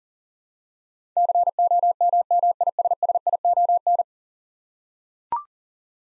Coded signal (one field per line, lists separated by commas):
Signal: Morse code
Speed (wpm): 40 wpm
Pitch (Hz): 700 Hz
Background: none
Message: COMMISSION